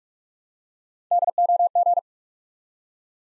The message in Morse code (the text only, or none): DOG